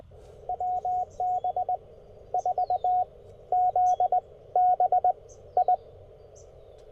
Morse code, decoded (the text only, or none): WB4ZBI